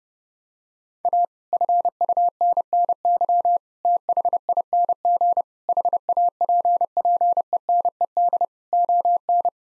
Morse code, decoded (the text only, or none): A FUNNY THING HAPPENED ON